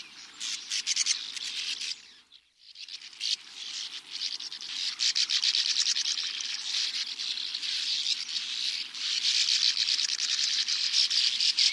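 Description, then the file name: Sand martins give a dense, dry, rasping chatter of many overlapping scratchy notes, briefly dropping out around two and a half seconds before resuming steadily. "Uferschwalbe"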